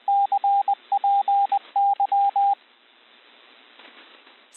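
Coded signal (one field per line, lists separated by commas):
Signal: Morse code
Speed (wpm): 20 wpm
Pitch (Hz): 800 Hz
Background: radio noise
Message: CPY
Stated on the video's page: Morse recognition practice including prosigns, sent at 20 wpm.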